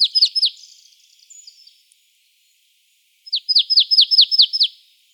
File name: Poecile palustris